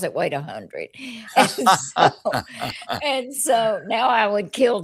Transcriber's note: laughter